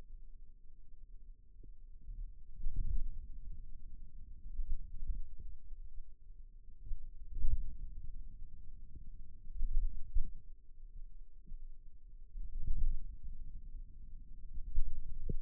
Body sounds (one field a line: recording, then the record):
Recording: forearm muscle sounds (acoustic myography)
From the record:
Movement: pen grasping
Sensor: system 2, bracelet of six BSWA MPA416 microphones around the upper forearm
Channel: 4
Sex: male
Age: 22 years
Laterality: right